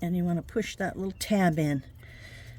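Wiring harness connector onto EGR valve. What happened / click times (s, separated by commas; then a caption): The connector has not clicked in yet / none. A man talks while the wiring harness connector is being handled for pushing back onto the cleaned and reinstalled EGR valve of a 2014 Leisure Travel Vans Unity Sprinter. His speech fills most of the clip, then gives way to a low, steady hum. The connector has not seated or clicked yet.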